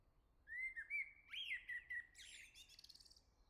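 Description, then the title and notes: Common blackbird delivering one full phrase: a low fluted warble rising and falling, then a sharp, scratchy high-pitched twitter at the end. "Le Merle salue l'été, La Jarrie, France. Quel Sol!!!! pour saluer l'arrivée de l'été ce matin! Merci Jolie Merle de tes vocalises à proximité!"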